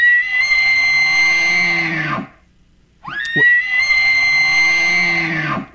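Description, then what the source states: Elk bugling: two long, high whistled squeals, each held steady then dropping at the end, separated by a short pause. Played back.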